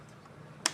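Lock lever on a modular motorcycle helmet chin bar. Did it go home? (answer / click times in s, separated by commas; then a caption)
released / 0.7 s. The chin-bar lock lever on an EVO modular motorcycle helmet is switched to open, making a single short, sharp click at 0.7 s over a quiet background. The lock releases so the full-face chin bar can be closed.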